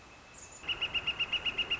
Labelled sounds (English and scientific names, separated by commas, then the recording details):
Northern Flicker (Colaptes auratus)
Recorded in Sonoma County, California